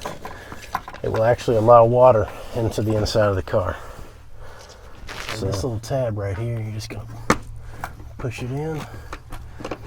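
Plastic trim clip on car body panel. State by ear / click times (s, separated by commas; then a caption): released / 7.3 s. Someone talks while pressing a small plastic tab on a retaining clip of a body trim piece near the cowl of a 350Z parts car. A sharp click at 7.3 s marks the clip releasing and the trim unclipping.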